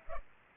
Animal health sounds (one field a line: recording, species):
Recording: mosquito wingbeat signal from an infrared sensor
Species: Culex pipiens